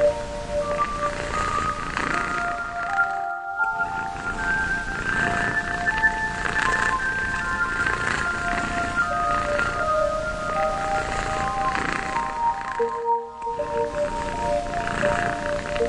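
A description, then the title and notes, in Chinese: A cat purrs in a steady, dense rumble that runs almost the whole time. Thin, sustained whistling tones drift through the middle register above it. The sound cuts out briefly twice, near 3.5 and 13 seconds. 猫咪呼噜声。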